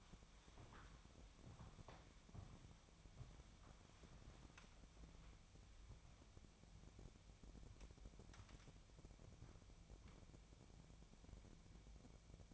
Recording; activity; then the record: daily activity, microphone in the room; walk to room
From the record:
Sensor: 1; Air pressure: 999.9 hPa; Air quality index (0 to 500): 128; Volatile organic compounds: 2 ppm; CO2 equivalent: 1218 ppm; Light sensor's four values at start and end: 34/85/36/44 and 36/89/37/46